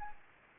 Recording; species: mosquito wingbeat signal from an infrared sensor; Anopheles gambiae